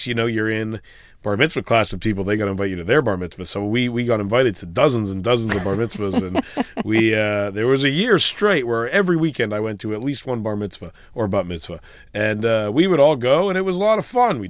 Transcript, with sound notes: Once, you know, you're in bar-mitzvah class with people, they're going to invite you to their bar mitzvah, so we got invited to dozens and dozens of bar mitzvahs. (Soundbite of laughter) And we - there was a year straight where every weekend, I went to at least one bar mitzvah or bat mitzvah, and we would all go, and it was a lot of fun.